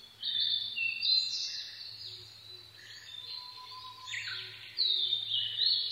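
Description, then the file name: Blue-and-white flycatcher song: sweeping whistled phrases ending in buzzy notes, over a steady low hum. Recorded 22 May 2011 at 04:34. "ooruri-20110522-0434"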